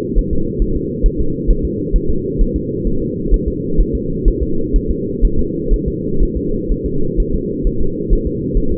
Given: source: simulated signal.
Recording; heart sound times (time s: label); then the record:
fetal heart sounds
0.19 s: S1
0.33 s: S2
0.62 s: S1
0.77 s: S2
1.06 s: S1
1.20 s: S2
1.51 s: S1
1.65 s: S2
1.96 s: S1
2.10 s: S2
2.41 s: S1
2.56 s: S2
2.87 s: S1
3.02 s: S2
3.34 s: S1
3.48 s: S2
3.81 s: S1
3.95 s: S2
4.28 s: S1
4.43 s: S2
4.76 s: S1
4.91 s: S2
5.25 s: S1
5.39 s: S2
5.74 s: S1
5.88 s: S2
6.23 s: S1
6.37 s: S2
6.72 s: S1
6.86 s: S2
7.20 s: S1
7.34 s: S2
7.67 s: S1
7.81 s: S2
8.13 s: S1
8.27 s: S2
8.57 s: S1
8.72 s: S2
From the record:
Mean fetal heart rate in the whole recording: 130 bpm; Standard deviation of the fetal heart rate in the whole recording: 4 bpm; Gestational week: 38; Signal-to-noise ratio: -8.1 dB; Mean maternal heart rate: 72 bpm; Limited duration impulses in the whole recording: present